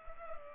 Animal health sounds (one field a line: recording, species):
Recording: mosquito wingbeat signal from an infrared sensor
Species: Culex pipiens